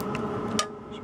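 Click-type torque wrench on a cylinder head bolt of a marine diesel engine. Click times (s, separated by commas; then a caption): 0.6 s. A click-type torque wrench tightens a cylinder head bolt on the small marine diesel engine of a Gemini 105Mc, with a steady low hum in the background and a faint tick at 0.15 s. The wrench gives a sharp click at 0.6 s as the set torque is reached.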